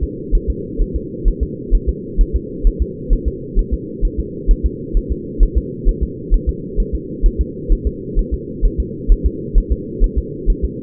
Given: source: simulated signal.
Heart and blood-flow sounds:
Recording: fetal heart sounds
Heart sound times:
0.03 s: S2
0.35 s: S1
0.50 s: S2
0.82 s: S1
0.96 s: S2
1.28 s: S1
1.43 s: S2
1.75 s: S1
1.89 s: S2
2.21 s: S1
2.36 s: S2
2.67 s: S1
2.82 s: S2
3.13 s: S1
3.28 s: S2
3.59 s: S1
3.74 s: S2
4.05 s: S1
4.20 s: S2
4.51 s: S1
4.66 s: S2
4.97 s: S1
5.12 s: S2
5.43 s: S1
5.58 s: S2
5.89 s: S1
6.03 s: S2
6.34 s: S1
6.49 s: S2
6.80 s: S1
6.95 s: S2
7.26 s: S1
7.41 s: S2
7.73 s: S1
7.87 s: S2
8.19 s: S1
8.34 s: S2
8.66 s: S1
8.80 s: S2
9.12 s: S1
9.26 s: S2
9.58 s: S1
9.72 s: S2
10.04 s: S1
10.18 s: S2
10.50 s: S1
10.65 s: S2
From the record:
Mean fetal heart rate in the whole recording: 130 bpm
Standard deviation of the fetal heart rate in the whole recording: 2 bpm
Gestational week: 38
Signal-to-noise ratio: -4.1 dB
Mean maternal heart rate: no maternal heart sound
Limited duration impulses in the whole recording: absent

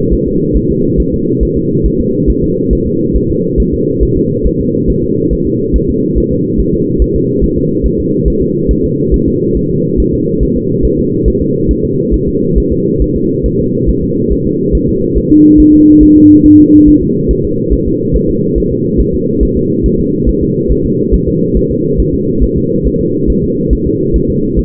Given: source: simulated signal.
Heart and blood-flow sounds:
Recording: fetal heart sounds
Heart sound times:
0.13 s: S1
0.28 s: S2
0.57 s: S1
0.71 s: S2
1.00 s: S1
1.14 s: S2
1.43 s: S1
1.57 s: S2
1.86 s: S1
2.00 s: S2
2.30 s: S1
2.44 s: S2
2.73 s: S1
2.87 s: S2
3.16 s: S1
3.31 s: S2
3.60 s: S1
3.74 s: S2
4.03 s: S1
4.17 s: S2
4.47 s: S1
4.61 s: S2
4.90 s: S1
5.04 s: S2
5.33 s: S1
5.47 s: S2
5.76 s: S1
5.90 s: S2
6.18 s: S1
6.32 s: S2
6.60 s: S1
6.74 s: S2
7.02 s: S1
7.16 s: S2
7.44 s: S1
7.58 s: S2
7.86 s: S1
8.00 s: S2
8.28 s: S1
8.42 s: S2
8.71 s: S1
8.85 s: S2
9.14 s: S1
9.28 s: S2
9.57 s: S1
9.71 s: S2
10.00 s: S1
10.14 s: S2
10.43 s: S1
10.57 s: S2
10.85 s: S1
10.99 s: S2
11.28 s: S1
11.42 s: S2
11.71 s: S1
11.85 s: S2
12.14 s: S1
12.28 s: S2
12.58 s: S1
12.72 s: S2
13.02 s: S1
13.16 s: S2
13.46 s: S1
13.60 s: S2
13.90 s: S1
14.04 s: S2
14.32 s: S1
14.47 s: S2
14.75 s: S1
14.89 s: S2
15.18 s: S1
15.32 s: S2
15.60 s: S1
15.74 s: S2
16.03 s: S1
16.17 s: S2
16.46 s: S1
16.60 s: S2
16.88 s: S1
17.03 s: S2
17.31 s: S1
17.45 s: S2
17.73 s: S1
17.88 s: S2
18.16 s: S1
18.30 s: S2
18.58 s: S1
18.72 s: S2
19.00 s: S1
19.15 s: S2
19.43 s: S1
19.57 s: S2
19.86 s: S1
20.00 s: S2
20.29 s: S1
20.43 s: S2
20.72 s: S1
20.86 s: S2
21.14 s: S1
21.28 s: S2
21.57 s: S1
21.71 s: S2
22.00 s: S1
22.14 s: S2
22.43 s: S1
22.58 s: S2
22.87 s: S1
23.01 s: S2
23.30 s: S1
23.44 s: S2
23.73 s: S1
23.87 s: S2
24.16 s: S1
24.30 s: S2
24.59 s: S1
From the record:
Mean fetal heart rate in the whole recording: 140 bpm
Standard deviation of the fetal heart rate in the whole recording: 2 bpm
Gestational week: 34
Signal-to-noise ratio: -11.2 dB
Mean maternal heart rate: 72 bpm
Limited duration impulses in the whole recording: present

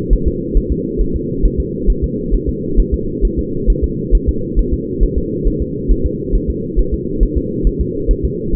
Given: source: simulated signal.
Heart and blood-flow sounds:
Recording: fetal heart sounds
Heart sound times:
0.13 s: S1
0.28 s: S2
0.57 s: S1
0.72 s: S2
1.01 s: S1
1.16 s: S2
1.45 s: S1
1.60 s: S2
1.90 s: S1
2.04 s: S2
2.34 s: S1
2.49 s: S2
2.80 s: S1
2.94 s: S2
3.25 s: S1
3.39 s: S2
3.70 s: S1
3.84 s: S2
4.15 s: S1
4.29 s: S2
4.59 s: S1
4.73 s: S2
5.03 s: S1
5.18 s: S2
5.47 s: S1
5.62 s: S2
5.91 s: S1
6.06 s: S2
6.35 s: S1
6.50 s: S2
6.79 s: S1
6.94 s: S2
7.23 s: S1
7.38 s: S2
7.67 s: S1
7.81 s: S2
8.11 s: S1
8.25 s: S2
8.55 s: S1
From the record:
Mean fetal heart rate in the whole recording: 135 bpm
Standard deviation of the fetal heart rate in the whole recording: 3 bpm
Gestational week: 36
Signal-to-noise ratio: -6.6 dB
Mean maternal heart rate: 72 bpm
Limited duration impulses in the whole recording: present

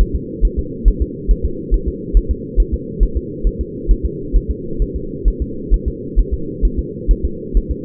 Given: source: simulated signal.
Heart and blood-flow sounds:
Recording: fetal heart sounds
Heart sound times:
0.01 s: S1
0.16 s: S2
0.45 s: S1
0.59 s: S2
0.88 s: S1
1.02 s: S2
1.31 s: S1
1.45 s: S2
1.74 s: S1
1.88 s: S2
2.17 s: S1
2.31 s: S2
2.60 s: S1
2.74 s: S2
3.03 s: S1
3.17 s: S2
3.47 s: S1
3.61 s: S2
3.91 s: S1
4.05 s: S2
4.37 s: S1
4.51 s: S2
4.82 s: S1
4.96 s: S2
5.28 s: S1
5.42 s: S2
5.74 s: S1
5.88 s: S2
6.19 s: S1
6.34 s: S2
6.65 s: S1
6.79 s: S2
7.11 s: S1
7.25 s: S2
7.57 s: S1
7.71 s: S2
From the record:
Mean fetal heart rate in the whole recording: 135 bpm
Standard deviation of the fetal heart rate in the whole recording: 3 bpm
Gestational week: 36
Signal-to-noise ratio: -4.3 dB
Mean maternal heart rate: 72 bpm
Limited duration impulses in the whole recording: absent

